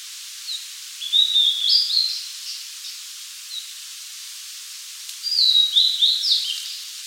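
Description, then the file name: Blue-and-white flycatcher singing two whistled phrases of sliding, stepping notes, separated by a few seconds of quiet hiss. "Cyanoptila cyanomelana"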